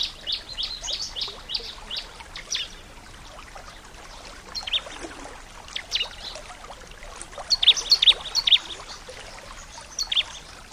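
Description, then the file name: Bar-winged prinia song: scattered high chirps, then a louder run of rapid squeaky twitters later on, over a steady hiss. Nature-therapy sound for a ciblek that has stopped singing (macet). "terapi alam ciblek macet"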